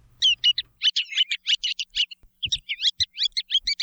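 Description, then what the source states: Ruddy turnstone rattling call: a fast chattering run of sharp, slurred notes in two bursts split by a short pause, with a few faint low thumps beneath. Rattling call that gives a clue to its name; Hawaiian name Akekeke.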